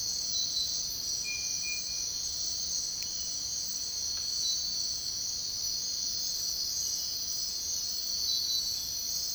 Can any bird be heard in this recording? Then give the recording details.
no. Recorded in dense forest near Puerto Asís, Putumayo, Colombia, on 22 June 2025 at 04:00. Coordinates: 0.499, -76.324. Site G100